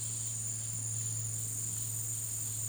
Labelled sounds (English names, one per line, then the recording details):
none
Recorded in dense forest near Puerto Asís, Putumayo, Colombia, on 20 February 2024 at 14:00
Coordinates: 0.503, -76.322
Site G6418